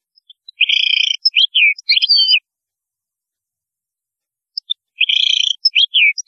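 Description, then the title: European goldfinch song: two phrases, each opening with a dry buzzy trill and followed by tinkling twittered notes, separated by about two seconds of silence. "Chant Chardonneret"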